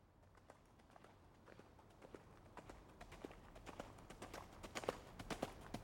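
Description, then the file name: Horse galloping, soft rhythmic hoofbeats growing steadily louder throughout, with faint background hiss. Horse galloping towards the listener; hoofbeats. "Blastwave FX Horse Gallop Towards"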